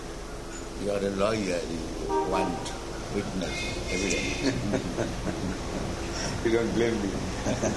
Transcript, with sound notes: You are a lawyer, you want witness, evidence.
[laughing] You don't blame me.